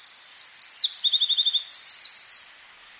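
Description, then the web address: Eurasian wren heard in a short high burst: quick trilled notes, then a rippling, looping trill that stops after about two and a half seconds. "SETE data Troglodytes troglodytes"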